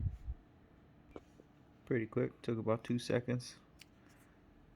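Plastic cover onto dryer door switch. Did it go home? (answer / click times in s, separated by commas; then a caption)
yes / 3.8 s. A plastic cover is fitted onto the door switch of an LG DLE2101W dryer that shows a DE error code and has power but will not start, with its small strips latching onto the switch's little tabs. Someone talks through most of the clip, with a faint tick near 1.2 s, and the cover snaps into place with a single sharp click at 3.8 s.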